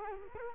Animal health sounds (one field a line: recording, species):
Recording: mosquito wingbeat signal from an infrared sensor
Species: Culex quinquefasciatus